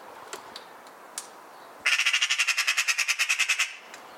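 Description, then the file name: Eurasian magpie chattering, a single fast rattle of harsh repeated notes lasting nearly two seconds after a quiet start with soft clicks. "Pica pica"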